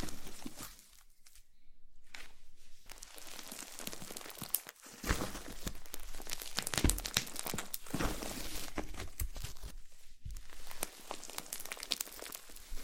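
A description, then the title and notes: Slime being squished and stretched gives dense, irregular crackling and crinkling pops throughout, with brief quieter gaps near two and ten seconds. ASMR SLIME SATISFYING - NO TALKING.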